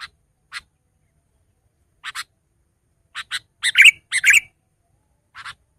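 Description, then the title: Sooty-headed bulbul giving short bubbly chirps in scattered bursts, with a louder cluster of fuller warbled notes near the middle; otherwise quiet background. "kutilang"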